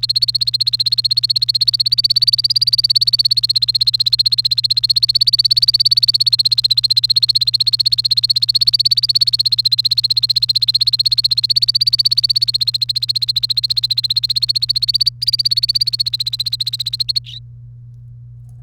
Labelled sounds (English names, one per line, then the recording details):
Domestic Canary song
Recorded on 1 May 2018 at 10:14
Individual llb3